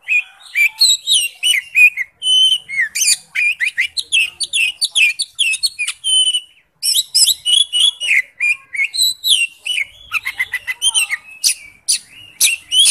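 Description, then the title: Bird song, a dense, rapid medley of high chirps, trills and whistled notes running almost without pause. Used for masteran song training. "Masteran Burung"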